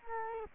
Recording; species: mosquito wingbeat signal from an infrared sensor; Culex quinquefasciatus